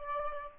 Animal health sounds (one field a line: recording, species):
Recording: mosquito wingbeat signal from an infrared sensor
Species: Aedes albopictus